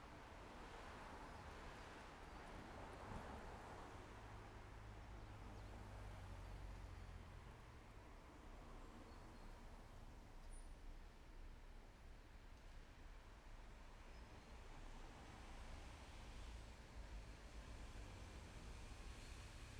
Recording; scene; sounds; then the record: everyday scene through a hearing-aid microphone; in traffic; traffic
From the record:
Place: main road on the outskirts, rush hour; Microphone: behind the ear, left, rear